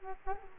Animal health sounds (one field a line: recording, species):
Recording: mosquito wingbeat signal from an infrared sensor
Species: Culex quinquefasciatus